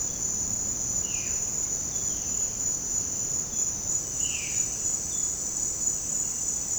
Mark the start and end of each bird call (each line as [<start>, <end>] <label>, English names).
[0.98, 1.40] Violaceous Jay
[4.18, 4.63] Violaceous Jay